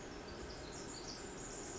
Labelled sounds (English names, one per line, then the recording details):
Pacific Wren
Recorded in Sonoma County, California